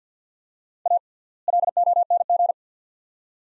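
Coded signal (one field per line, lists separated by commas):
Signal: Morse code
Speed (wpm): 50 wpm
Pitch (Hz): 700 Hz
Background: none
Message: A LONG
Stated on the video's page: Morse practice of two-word sets at 50 wpm with 3x word spacing, a word-level analogue of Farnsworth.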